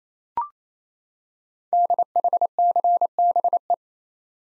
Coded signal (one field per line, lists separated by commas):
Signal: Morse code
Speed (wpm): 29 wpm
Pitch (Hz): 700 Hz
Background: none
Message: DHCBE